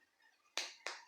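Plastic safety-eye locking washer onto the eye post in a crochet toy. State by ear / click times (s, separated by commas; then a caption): seated / 0.6 s, 0.9 s. A plastic locking washer is pushed down the post of the second safety eye on a crocheted hippo amigurumi until it is fully fitted. Two sharp clicks are heard at 0.6 s and 0.9 s, the first louder than the second. The washer seats home.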